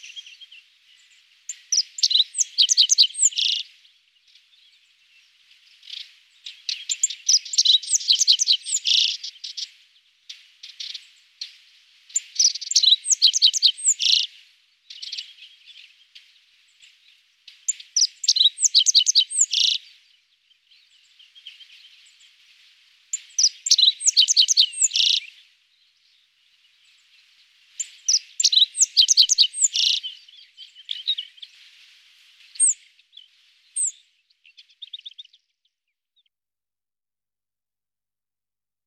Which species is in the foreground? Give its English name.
Rock Bunting